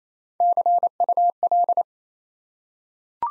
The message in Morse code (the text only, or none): CUL